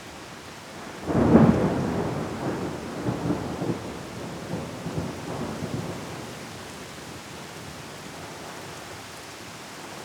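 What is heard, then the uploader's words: Light rain hisses steadily throughout. Just after one second a roll of thunder breaks in, loudest at first and deep, then rumbling on in uneven waves that fade out by about six seconds, leaving only the soft, even patter of rain. Light Rain Thunder Rumble.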